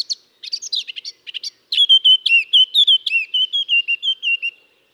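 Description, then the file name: Eurasian blackcap song: scratchy chattering notes give way to a loud, even series of pure, fluted whistles that gently fall in pitch. "Sylvia atricapilla"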